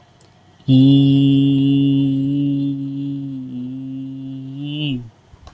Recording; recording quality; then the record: sustained vowel as in beet; excellent, no background noise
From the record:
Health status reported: healthy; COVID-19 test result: not tested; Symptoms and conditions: none ticked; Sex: male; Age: 25 years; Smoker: not ticked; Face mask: not worn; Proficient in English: yes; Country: India